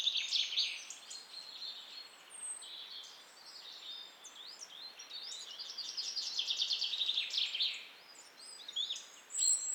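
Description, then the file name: European robin song: a long, high, thin warble of varied tinkling phrases and quick trills, rising and falling, with brief pauses and a faint hiss beneath. "Erithacus rubecula"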